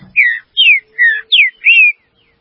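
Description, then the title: Green-winged saltator song, five loud slurred whistles in quick succession, most sliding downward, the last one level and drawn out, then silence. "Trinca Ferro"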